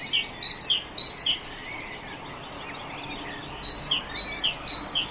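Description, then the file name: Great tit song in two short runs of ringing high-low notes, with a quiet gap between them. "Parus major"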